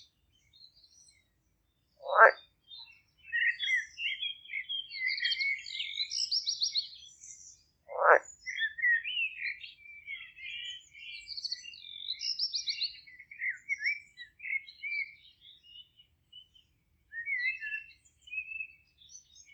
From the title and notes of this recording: Relaxing music of nature from a Polish garden in the countryside. Singing birds and croaking frogs from at the polish village sound wonderful and amazing.